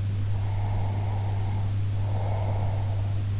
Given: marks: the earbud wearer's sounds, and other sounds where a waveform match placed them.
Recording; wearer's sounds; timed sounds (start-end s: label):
sounds in sleep by an in-ear microphone; breath
0.38-3.24 s: breath